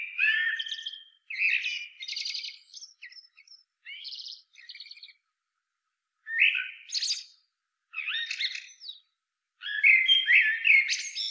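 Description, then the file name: Common blackbird song in quick, busy bursts, fluty warbles mixed with rapid buzzy high twitters, several phrases packed closely with brief gaps. "Turdus merula"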